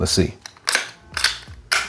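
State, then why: Seated. A part of a Supcase UB rugged plastic iPhone 16 case, likely the front frame or holster, is pressed back onto the case while someone talks briefly. Sharp plastic snaps ring out at 0.7 s and 1.7 s, and the part seats back in place.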